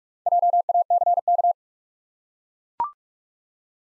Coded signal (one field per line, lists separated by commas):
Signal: Morse code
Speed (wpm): 44 wpm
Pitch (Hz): 700 Hz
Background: none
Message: JACK